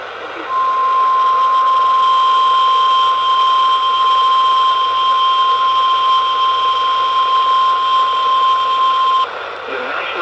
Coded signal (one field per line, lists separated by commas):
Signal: Emergency Alert System (SAME) tones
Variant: 1050 Hz attention tone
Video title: EAS- LOX Flash Flood Warning (FFW) Ventura County, CA over KFI-AM